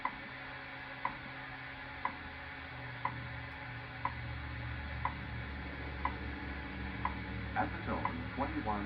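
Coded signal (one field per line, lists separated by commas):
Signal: radio time signal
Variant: WWV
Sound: sharp short ticks once a second, nine in all, over hum, then faint talking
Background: radio static, low hum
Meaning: Each tick marks one second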